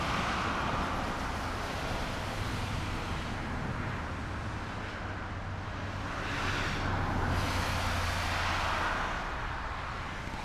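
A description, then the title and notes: A steady, dense roar of motorway traffic at night, with a low rumbling hum underneath. Passing vehicles swell and fade softly, one around the middle and another near seven seconds, without any sharp events. Soothing Nighttime Motorway.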